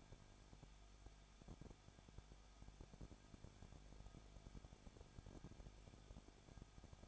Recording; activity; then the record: daily activity, microphone in the room; no activity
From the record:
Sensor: 5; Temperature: 20.9 degrees Celsius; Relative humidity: 35.0%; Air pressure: 994.7 hPa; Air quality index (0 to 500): 154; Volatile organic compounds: 2 ppm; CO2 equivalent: 1284 ppm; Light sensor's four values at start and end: 2/3/1/1 and 2/3/1/1